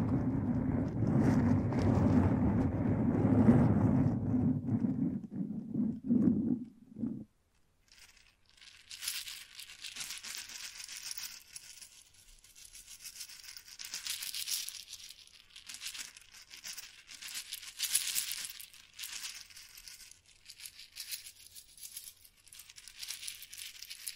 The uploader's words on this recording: BRAIN TINGLES ASMR Mic Brushing and Scratching (No Talking).